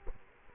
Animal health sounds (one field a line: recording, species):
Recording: mosquito wingbeat signal from an infrared sensor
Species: Culex quinquefasciatus